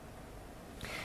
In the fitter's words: you will hear that click into position quite a now click but you know that it's nice and secure when